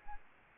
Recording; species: mosquito wingbeat signal from an infrared sensor; Aedes aegypti